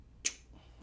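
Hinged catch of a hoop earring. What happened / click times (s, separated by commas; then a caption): A small hinged catch clicks open / 0.3 s. The hinged catch of a hoop earring is undone, giving a single sharp, bright click at 0.3 s, after which only faint background noise remains. The catch clicks open and is released.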